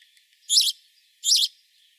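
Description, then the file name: House sparrow giving two harsh, broad chirps about three quarters of a second apart against a faint background twitter. "Passer domesticus"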